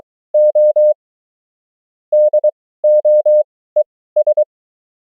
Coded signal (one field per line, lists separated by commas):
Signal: Morse code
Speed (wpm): 24 wpm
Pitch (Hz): 600 Hz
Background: none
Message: O DOES